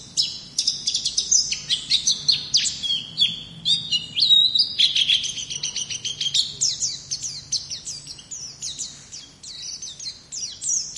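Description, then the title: White-eye song, a rapid, continuous jumble of high, thin chirps and twitters throughout. "Pleci"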